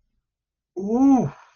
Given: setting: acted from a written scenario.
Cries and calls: vocal sound without words; awe

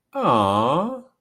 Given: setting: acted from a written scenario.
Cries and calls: vocal sound without words; adoration

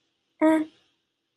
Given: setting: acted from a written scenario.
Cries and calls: vocal sound without words; neutral

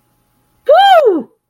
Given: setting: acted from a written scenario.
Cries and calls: vocal sound without words; pride

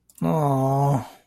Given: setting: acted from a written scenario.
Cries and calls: vocal sound without words; disappointment

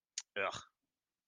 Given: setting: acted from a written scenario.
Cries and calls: vocal sound without words; anger

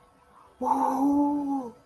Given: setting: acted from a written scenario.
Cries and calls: vocal sound without words; awe

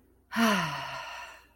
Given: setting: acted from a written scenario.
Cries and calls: vocal sound without words; contentment

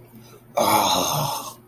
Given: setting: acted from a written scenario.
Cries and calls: vocal sound without words; embarrassment

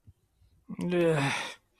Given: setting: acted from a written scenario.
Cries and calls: vocal sound without words; disappointment

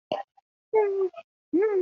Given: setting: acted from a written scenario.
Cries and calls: vocal sound without words; neutral

